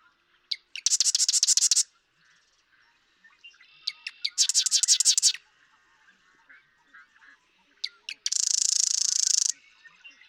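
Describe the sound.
Marsh Wren song: three dry, rapid rattling trills, each with a few sharp introductory clicks, separated by pauses of a few seconds.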